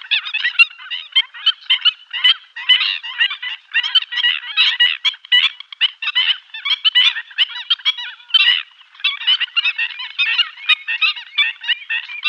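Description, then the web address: Black-winged stilt calls, a dense chattering of harsh nasal notes, apparently several birds calling over one another without a break. "Schulze Peter Black-winged Stilt"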